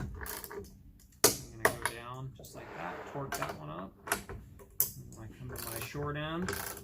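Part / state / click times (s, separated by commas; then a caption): torque wrench on a roller frame tube / torque reached / 1.2 s. A torque wrench, handle pointed up, is pushed down and twisted toward the tube of a Newman screen-printing roller frame while stretching a shur-loc Endurance panel. It gives a sharp click at 1.2 s, showing it has reached its set torque. Someone talks throughout, and a few other sharp knocks follow, the loudest near 4.8 s.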